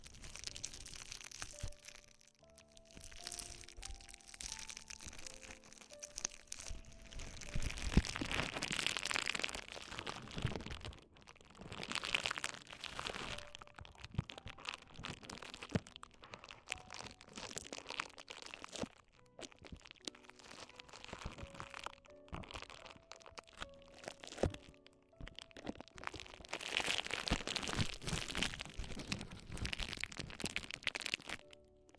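Ear exploration sounds made of dense, fast crackling and crunching, like crinkling material worked continuously for the whole stretch. Bursts swell louder around 8 and 27 seconds, with brief quieter gaps near 11 and 19 seconds. Faint tonal notes step upward in the background early on.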